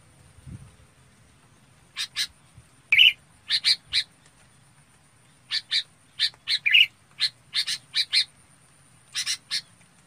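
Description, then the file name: Red-whiskered bulbul calls, bright chirps in pairs and small groups with occasional fuller notes, spaced irregularly over faint low rumble. Calling the flock. "Tieng chao mao bong goi bay"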